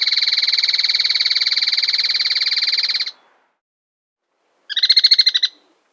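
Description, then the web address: Trilling Tapaculo trill: a long, fast, even run of high pulsed notes lasting about three seconds, a pause, then a shorter burst of the same rapid trill. Recorded in South America. "S America Trilling Tapulco"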